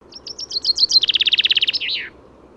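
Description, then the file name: Common chaffinch song: a run of sweet, slightly falling notes that quickens into a rattling trill and ends in a short flourish, all within about two seconds. "Fringilla coelebs"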